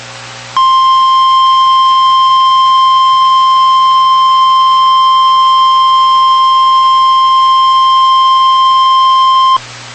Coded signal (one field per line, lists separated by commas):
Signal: Emergency Alert System (SAME) tones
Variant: 1050 Hz attention tone